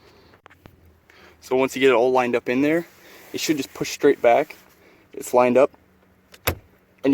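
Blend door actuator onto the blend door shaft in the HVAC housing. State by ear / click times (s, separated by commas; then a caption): seated / 6.5 s. A driver-side HVAC blend door actuator on a 2012 Chrysler 300 is lined up and pushed straight back onto the blend door shaft in the HVAC housing in the dash while someone talks. A few faint ticks come early on, then a sharp, loud hit at 6.5 s as the actuator engages and seats on the shaft.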